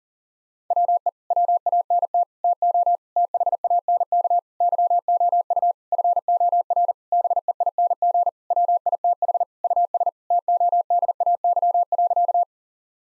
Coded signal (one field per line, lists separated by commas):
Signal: Morse code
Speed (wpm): 37 wpm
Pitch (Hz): 700 Hz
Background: none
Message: WE WANT TO THANK YOU FOR BEING WITH US TODAY.